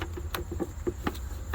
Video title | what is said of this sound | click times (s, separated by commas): saturn vue vent valve solenoid location | Put your electrical connector in, guys. Push it in until it clicks. | 0.4 s